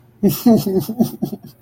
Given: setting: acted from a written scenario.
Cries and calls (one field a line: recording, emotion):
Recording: vocal sound without words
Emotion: guilt